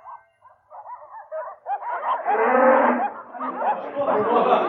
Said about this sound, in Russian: Замычали коровы, заблеяли овечки, селяне выгоняли живёлу на пашу.